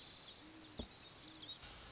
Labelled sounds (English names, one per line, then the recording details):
Great Horned Owl
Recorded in Sonoma County, California